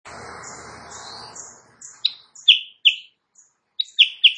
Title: Masteran Kutilang Sutra. Kutilang Sutra GACOR pagi hari bikin lawannya AUTO NYAUT